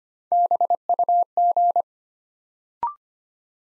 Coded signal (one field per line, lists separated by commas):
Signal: Morse code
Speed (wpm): 25 wpm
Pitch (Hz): 700 Hz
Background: none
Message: BUG